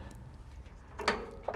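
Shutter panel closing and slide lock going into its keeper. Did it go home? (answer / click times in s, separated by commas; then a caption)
yes / 1.1 s. A metal hurricane shutter is closed by pressing the release buttons on both sides, and it swings shut. A sharp knock lands at 1.1 s, with another short, bright hit near 1.5 s, over a low background hum. The shutter shuts and the slide lock goes into its keeper, latching in place.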